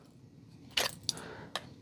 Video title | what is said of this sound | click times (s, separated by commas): 9 Different Knives To Checkout For Carry | plastic it might be kidox but I'm not sure it has good decent retention you can hear the click | 0.8 s, 1.1 s